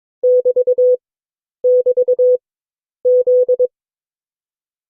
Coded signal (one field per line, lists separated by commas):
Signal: Morse code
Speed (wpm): 22 wpm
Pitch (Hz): 500 Hz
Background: none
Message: <BT><BT>Z